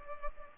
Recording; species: mosquito wingbeat signal from an infrared sensor; Culex pipiens